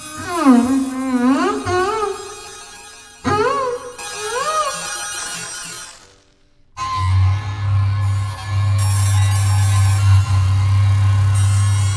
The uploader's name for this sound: Rotating megaphone array